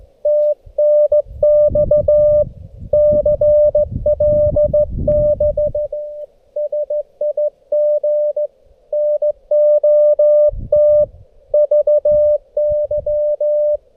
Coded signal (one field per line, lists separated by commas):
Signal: Morse code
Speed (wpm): 14 wpm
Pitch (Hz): 600 Hz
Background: none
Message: TNX CLB SIG NOT VY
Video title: Portable Morse Code QRS Night, PoLo App & Bug QSO!